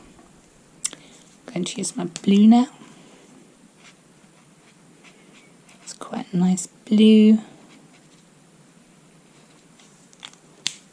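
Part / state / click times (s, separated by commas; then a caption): cap onto a marker pen / seated / 10.7 s. A blue marker pen's plastic cap is snapped back onto the pen after colouring. Someone talks in two short bursts, with quiet scratchy sounds between them. A sharp click at 10.7 s shows the cap seating on the marker.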